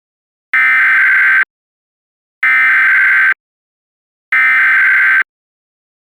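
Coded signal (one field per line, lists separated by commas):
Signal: Emergency Alert System (SAME) tones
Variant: header bursts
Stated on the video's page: Mock reenactment of a real Tornado Warning in Hawaii; contains valid EAS tones.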